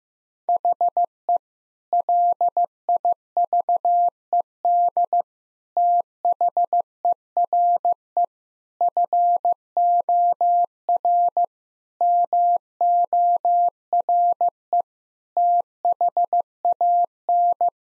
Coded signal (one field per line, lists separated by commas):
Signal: Morse code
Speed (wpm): 16 wpm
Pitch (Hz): 700 Hz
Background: none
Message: HE LIVED THERE FOR MORE THAN